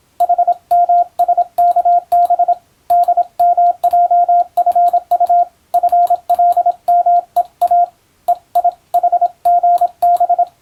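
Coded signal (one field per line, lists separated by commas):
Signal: Morse code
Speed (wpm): 26 wpm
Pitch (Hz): 700 Hz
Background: radio noise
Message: HMSKB DMJFU FLMEA EIHGB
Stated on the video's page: Morse receiving practice for the Japanese radiotelegraph operator national exam, using telegram practice text.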